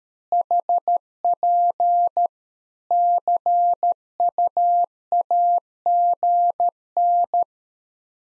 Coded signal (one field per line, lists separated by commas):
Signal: Morse code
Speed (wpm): 13 wpm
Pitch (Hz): 700 Hz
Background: none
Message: HP CUAGN